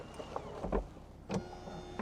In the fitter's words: You'll hear the mechanism lock there, and then it will raise the windows as well.